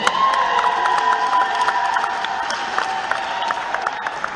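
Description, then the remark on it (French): An audience cheering and acclaiming together, a loud sustained roar of many voices with shouts and whoops, scattered sharp claps rising through the steady crowd noise. “Si vous êtes d'accord avec moi, poussez les acclamations.”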